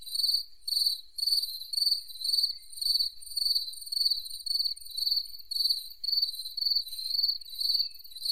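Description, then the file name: Crickets chirping in steady, high-pitched pulsed bursts, repeated regularly throughout. Crickets calling by a lake. "Crickets Calling By The Lake"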